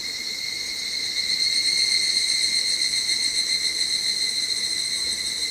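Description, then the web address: Evening cicada singing a sustained high ringing drone that pulses rapidly, swelling slightly in the middle, with nothing else clearly heard. Recorded 25 July 2010. "07252010 higurashi"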